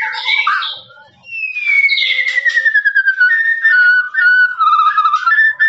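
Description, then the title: Lovebird song: after a few squeaky chirps comes a long, wavering trill that slides slowly downward for several seconds, then continues as rapid pulsing notes. Lovebird's long ngekek song, used as a master recording for training birds. "FULL DURASI MASTERAN LOVEBIRD NGEKEK PANJANG"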